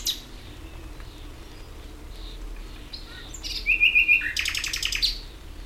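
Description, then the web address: Common nightingale song after a quiet pause: a quick series of sharp notes, then a loud rapid buzzy rattle and a final high note. "ambient nightingale"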